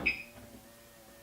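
On an Audi A4, A5 or Q5 whose electric tailgate has closed by remote, the soft-close latch pulls the metal tailgate fully shut into the body striker, and the car then locks. A single sharp clunk lands at 0.1 s, with a brief bright ring that fades into a faint steady hum. The tailgate is seated fully shut.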